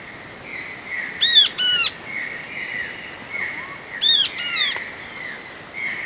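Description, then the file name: Bird calls: two bursts of short whistled notes with sharp downward and upward sweeps, about three seconds apart, over a constant high insect drone. "SABIOD 50 bird 2015"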